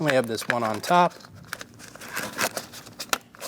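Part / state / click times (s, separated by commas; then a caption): wiring connector behind instrument panel near steering column / seated / 3.1 s. Someone talks, then the upper wiring connector behind the instrument panel, right behind the steering wheel of a 2003-2025 Chevrolet Express 2500, is pushed home during a climate control faceplate replacement. Soft crinkling handling sounds lead to a sharp click at 3.1 s as the connector seats and locks in, and it is given a pull to confirm it is locked.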